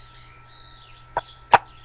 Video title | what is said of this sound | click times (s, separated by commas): Penney's Pet Project Number Nine | It didn't snap on very well, but anyway, this is | 1.5 s